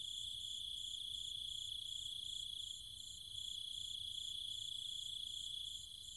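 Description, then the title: Cicadas and other insects in a steady night chorus: an unbroken high drone with a fast, evenly pulsed shrill band above it, dipping briefly in loudness near three seconds. Cicadas and other insects calling at night in trees and fields, Chiang Mai, Thailand. "Cicada countryside, Thailand"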